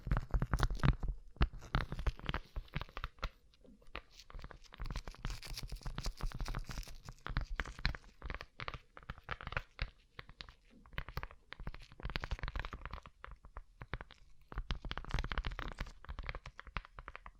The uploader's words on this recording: ASMR Rhinestone Covered Tapping 3Dio (No Talking).